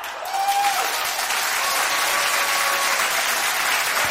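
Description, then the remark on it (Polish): Steady applause from a small audience at a live music concert in a club, a dense even patter of clapping hands that holds at a constant level throughout, with a faint whistle rising briefly near the start. “W salach na 100 kilkadziesiąt osób, bądź po prostu w klubach, co myślę, że mogą zilustrować te mniejsze oklaski.”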